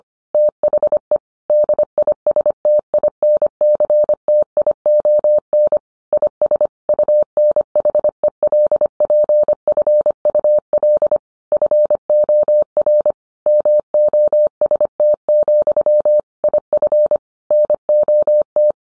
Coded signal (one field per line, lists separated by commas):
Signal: Morse code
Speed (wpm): 25 wpm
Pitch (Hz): 600 Hz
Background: none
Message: THE DISTINCTION IS UNHELPFUL FOR MOST, IF NOT